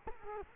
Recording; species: mosquito wingbeat signal from an infrared sensor; Culex quinquefasciatus